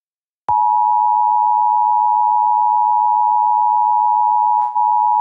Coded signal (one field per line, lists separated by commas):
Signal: Emergency Alert System (SAME) tones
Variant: 853 and 960 Hz attention tone